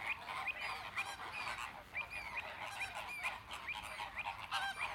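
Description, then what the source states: Flamingos honking over a background chorus, with frequent distinct nasal upslurred calls standing out above the steady flock chatter. Captive flamingos at the Bristol Zoo flamingo enclosure.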